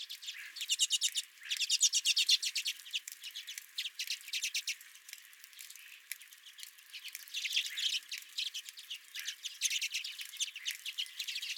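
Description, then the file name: Redpolls calling, rapid dry chattering notes throughout, rising and falling in loudness. Redpolls at the recordist's feeder. "Redpolls at My Feeder"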